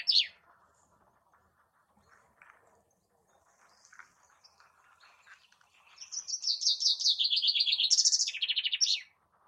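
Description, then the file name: Common chaffinch song: one sharp note, soft scattered chirps for several seconds, then a descending trill of high notes ending in a brief flourish. "Fringilla coelebs"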